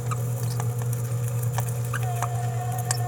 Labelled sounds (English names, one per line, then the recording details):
Green-rumped Parrotlet babbling
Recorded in a nest box in Venezuela
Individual 18B17A3